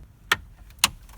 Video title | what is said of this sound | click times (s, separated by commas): 95 to 98 GM Truck Stereo Installation | we go yeah so push it down till it clicks and then pull it out yeah | 0.3 s, 0.8 s